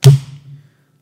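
An epinephrine auto-injector trainer is pressed against the outer thigh until it triggers, giving a sharp click at 0.04 s. A low, resonant thump around 150 Hz follows and fades out by about 0.7 s. The click signals that the injection was delivered.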